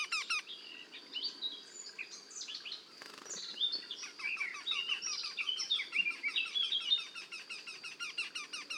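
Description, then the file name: Eurasian wryneck calls, two birds in duet, with rapid repeated notes. Two wrynecks calling together in a duet. "torcols en duo"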